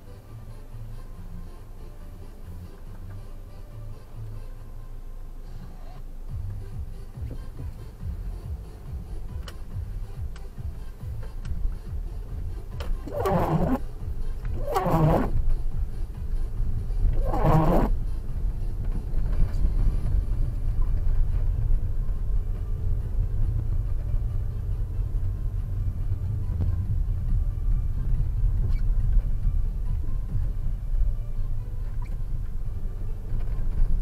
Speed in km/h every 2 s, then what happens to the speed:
3, 6, 1, 1, 5, 7, 15, 25, 27, 29, 31, 35, 38, 36, 31, 22, 22.
4-7 standing. 7-23 pulls away to 38. 23-30 slows to 22.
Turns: 7-13.